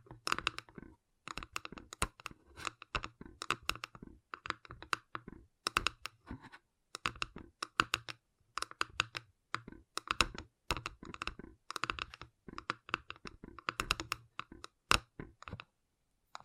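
Gentle tapping comes in quick, uneven bursts of crisp clicks, much like fingers on a keyboard, with brief pauses between runs. The taps stay fairly bright and dense throughout, and a faint low hum sits under the busier stretches.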